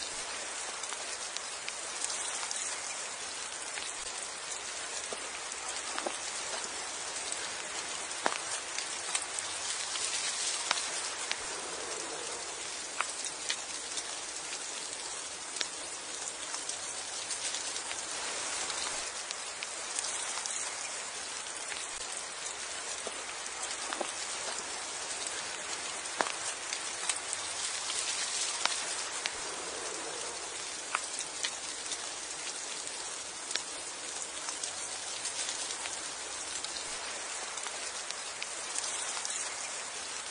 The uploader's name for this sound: Snowfall on Trees overcast day - Portland, Oregon, US